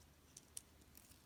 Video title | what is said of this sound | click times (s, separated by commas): Deluxe Class Animated Universe Prowl Review - Transformers Legacy Evolution | spin it, and it'll kind of click into place and stay kind of locked in. | 0.6 s